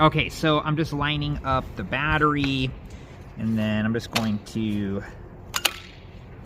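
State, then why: Seated. Someone talks while lining up a power tool battery pack with the handle of a Black and Decker LSTE525 cordless string trimmer and pushing it in. Two sharp plastic clicks at 5.6 s and 5.7 s mark the pack latching into place, seated and secured.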